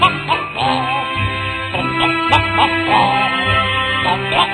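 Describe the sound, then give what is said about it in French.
"Chicken Jingle Bells": Jingle Bells rendered as a string of loud, rhythmic chicken-like clucks and squawks, the notes rising and falling with the tune, made by a human voice imitating a chicken. “C'est des animaux. Le Chicken Jingle Bells.”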